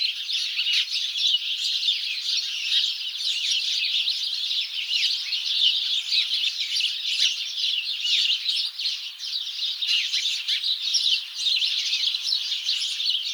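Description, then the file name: House sparrows in a loud, unbroken chorus of chirps and squeaks, many birds calling at once for the whole stretch. "Passer domesticus"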